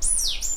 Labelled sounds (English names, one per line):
Stitchbird song